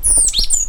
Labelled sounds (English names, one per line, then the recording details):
Stitchbird song
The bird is a male
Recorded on Tiritiri Matangi Island, New Zealand, in 2005
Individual 2, of nest box 2